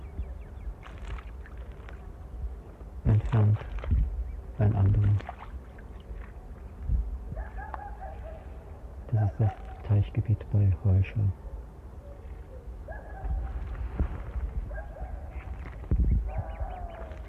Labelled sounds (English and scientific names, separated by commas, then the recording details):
Great Crested Grebe (Podiceps cristatus) call
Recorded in the wild
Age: juvenile
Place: Holscha, Oberlausitz, Sachsen, DE
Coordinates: 51.2653, 14.3444
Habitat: pond
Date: 1989-08-05 19:57
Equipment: Riporter 6 RG-K, Sennheiser MKH 416 T, Kopie Uher Report Stereo IC
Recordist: Frommolt, Karl-Heinz
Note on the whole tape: Teichgebiet Holscha: ca. 6 und 3 Wochen alte Junge